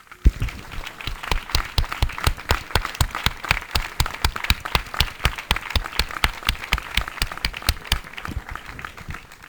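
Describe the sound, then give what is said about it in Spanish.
Loud, sustained applause from a big crowd at a rally for migrants' rights, given in memory of the migrants who died at El Tarajal, a dense patter of many hands clapping steadily for the whole stretch with no voices standing out. “En recuerdo de los muertos en el Tarajal, de los asesinados, quiero un aplauso grande.”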